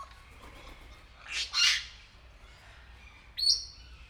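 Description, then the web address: Grey parrot giving two harsh, noisy squawks close together, a pause, then a short high whistled note. Captive bird at Nyíregyháza Zoo, 2019. "allathangok nyiregyhazizoo 2019 professzionalis jako papagaj hosszabban nyiregyhaza"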